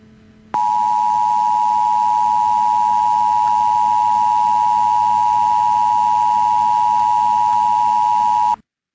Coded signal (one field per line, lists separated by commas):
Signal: Emergency Alert System (SAME) tones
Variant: 853 and 960 Hz attention tone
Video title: Emergency Alert System Coronavirus (Bandicam Version)